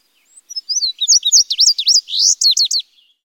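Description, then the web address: Indigo bunting song: a bright, high, lively phrase of paired sweet notes, lasting about two and a half seconds, in a quiet background. "Birds of the Chicago Region. Indigo BUnting"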